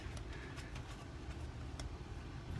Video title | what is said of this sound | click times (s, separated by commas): -Gino’s Garage- 1992 Wanderlodge WB-Transmission connector leak fix and some oil leaks... | now you want to make sure this thing clicks into place | 1.8 s